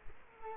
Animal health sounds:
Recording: mosquito wingbeat signal from an infrared sensor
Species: Culex quinquefasciatus

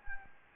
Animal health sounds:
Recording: mosquito wingbeat signal from an infrared sensor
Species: Anopheles gambiae

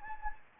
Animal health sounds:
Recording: mosquito wingbeat signal from an infrared sensor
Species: Anopheles gambiae

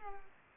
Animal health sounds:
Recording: mosquito wingbeat signal from an infrared sensor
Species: Culex pipiens

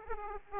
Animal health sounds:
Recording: mosquito wingbeat signal from an infrared sensor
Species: Aedes aegypti

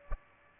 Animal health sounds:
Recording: mosquito wingbeat signal from an infrared sensor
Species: Aedes aegypti

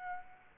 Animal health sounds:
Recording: mosquito wingbeat signal from an infrared sensor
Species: Aedes aegypti

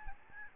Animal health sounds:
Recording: mosquito wingbeat signal from an infrared sensor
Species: Aedes albopictus

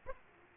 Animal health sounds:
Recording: mosquito wingbeat signal from an infrared sensor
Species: Aedes aegypti

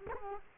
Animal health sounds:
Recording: mosquito wingbeat signal from an infrared sensor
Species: Culex quinquefasciatus

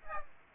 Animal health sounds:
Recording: mosquito wingbeat signal from an infrared sensor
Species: Aedes aegypti

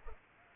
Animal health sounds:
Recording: mosquito wingbeat signal from an infrared sensor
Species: Culex pipiens

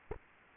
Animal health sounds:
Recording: mosquito wingbeat signal from an infrared sensor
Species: Aedes aegypti

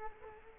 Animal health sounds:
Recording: mosquito wingbeat signal from an infrared sensor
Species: Culex quinquefasciatus

